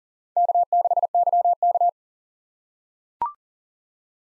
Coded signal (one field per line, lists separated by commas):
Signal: Morse code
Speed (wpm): 40 wpm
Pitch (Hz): 700 Hz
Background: none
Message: K6YK